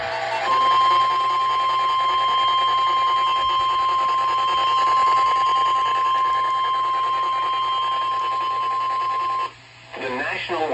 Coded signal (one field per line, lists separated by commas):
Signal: Emergency Alert System (SAME) tones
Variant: 1050 Hz attention tone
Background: speech